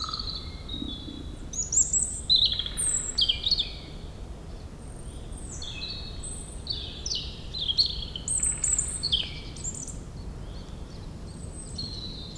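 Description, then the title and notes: European robin song of thin, wavering high phrases and rapid trills in irregular bursts, accompanied by a continuous low rumble. Singing in the huge Meerdaalbos forest, Oud-Heverlee, Belgium, with planes taking off. "3051 Oud-Heverlee, Belgium - Meerdaalbos. Into the huge forest called Meerdaalbos, the European Robin singing, and planes takeoffs"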